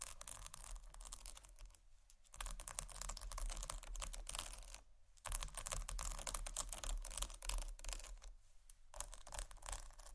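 Scratchy tapping in dense, rapid clusters of crisp, bright clicks, much like fast typing on a keyboard. The bursts run nearly continuously, broken by brief pauses around two, five, and eight to nine seconds. A low steady hum sits underneath throughout.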